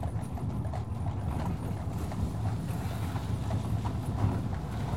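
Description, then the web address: Horse hoofbeats, continuous dull thudding steps set against a heavy low rumble. "The BBC Sound Effects Library. Horses # 2"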